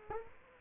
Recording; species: mosquito wingbeat signal from an infrared sensor; Culex quinquefasciatus